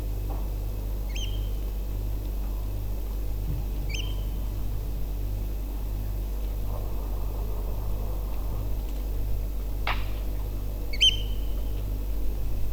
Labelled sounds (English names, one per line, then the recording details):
Eurasian Oystercatcher
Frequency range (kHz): Eurasian Oystercatcher 1.6-12.6 kHz
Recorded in France